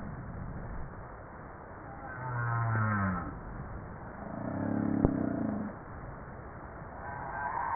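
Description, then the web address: Humpback whale song with a low harmonic moan, a downswept upper tone, then a broad buzzy groan, a sharp click, and a higher phrase at the end. Recorded 2 March 1994, file time 12:37. "humpback 940302-1237"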